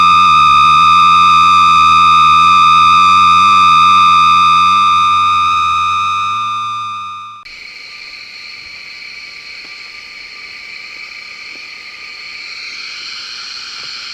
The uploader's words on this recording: The Extraordinary Sound of the Railroad Switch Gas-jet Flute. Switch de-icing mechanism on the railroad tracks between King Street and Woodmont Road in Northampton, MA, recorded Winter 1998-99 by Dan Bodah.